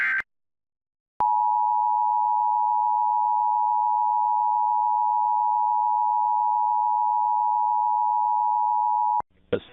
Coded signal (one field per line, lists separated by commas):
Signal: Emergency Alert System (SAME) tones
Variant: 853 and 960 Hz attention tone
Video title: EAS Ridgecrest, CA Child Abduction Emergency for all of SoCal on KESQ-TV Palm Springs, CA 07/29/2026